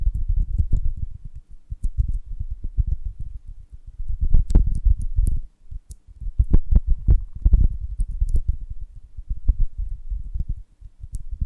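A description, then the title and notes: A honeycomb on a branch is handled with dense, low crackling and soft thumping that comes in uneven bursts. Sharp clicks and snaps stand out between four and nine seconds, and brief quiet gaps break up the sound around five and ten seconds. ASMR of a Honeycomb on Branch (No Talking).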